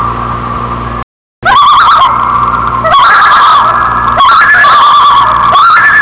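Loon giving loud quavering tremolo calls with wavering higher overtones, several phrases broken by a brief silence near the start.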